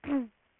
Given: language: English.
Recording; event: throat vibration sensor signal played as sound; throat clearing